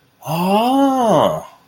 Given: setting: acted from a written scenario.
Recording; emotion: vocal sound without words; realization